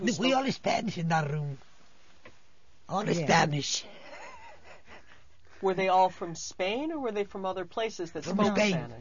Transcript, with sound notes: We all Spanish in that room, only Spanish. ( she laughs )
Were they all from Spain, or were they from other places that spoke Spanish?